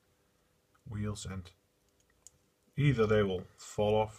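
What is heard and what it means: A small plastic/metal wheel is pushed and twisted back onto the axle of an old Lima model locomotive motor during cleaning, while someone talks in two bursts with brief faint ticks in between. Nothing has seated or clicked into place yet by the end of the clip.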